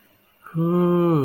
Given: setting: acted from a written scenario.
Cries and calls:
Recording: vocal sound without words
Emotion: serenity

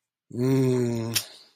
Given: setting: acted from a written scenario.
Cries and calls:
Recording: vocal sound without words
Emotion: guilt

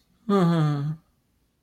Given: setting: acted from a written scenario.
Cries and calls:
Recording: vocal sound without words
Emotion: sadness

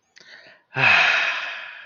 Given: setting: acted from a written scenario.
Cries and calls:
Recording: vocal sound without words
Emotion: ecstasy

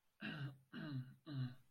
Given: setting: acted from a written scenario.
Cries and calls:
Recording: vocal sound without words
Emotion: confusion

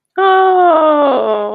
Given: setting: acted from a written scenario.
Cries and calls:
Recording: vocal sound without words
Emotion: adoration

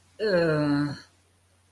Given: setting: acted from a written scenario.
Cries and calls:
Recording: vocal sound without words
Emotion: disgust

